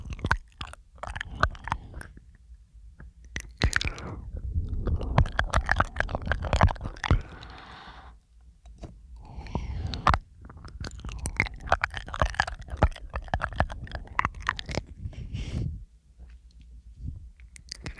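Mouth sounds and breathing: dense wet clicks, smacks and crunchy chewing-like bursts, with soft breaths around seven and nine seconds and near the end.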